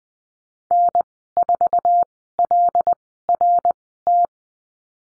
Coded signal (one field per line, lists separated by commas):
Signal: Morse code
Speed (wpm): 19 wpm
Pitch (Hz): 700 Hz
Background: none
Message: N4LRT